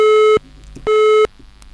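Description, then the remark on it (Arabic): A telephone busy tone after a dropped call: two loud, steady, buzzy tones, each lasting about a third of a second, separated by equal gaps of silence in an even on-off rhythm. “نأسف لانقطاع الاتصال من المصدر.”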